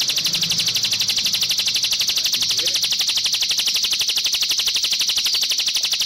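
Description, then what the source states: Streaked spiderhunter song: rapid, evenly spaced high chips about four per second throughout, unbroken, over a faint low background hum. Masteran training recording for cage birds; bird described as gacor, singing actively, with a clear, long song.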